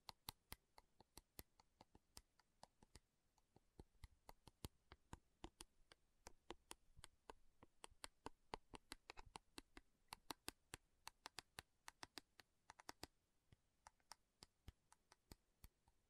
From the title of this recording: Slow Tapping Metal Sounds